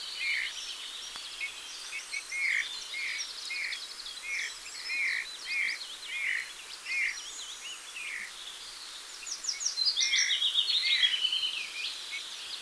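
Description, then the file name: Eurasian bullfinch repeating short mellow piping notes nearly every half second, over a busy chorus of thin, high chattering birds that swells near the end. "Pyrrhula pyrrhula"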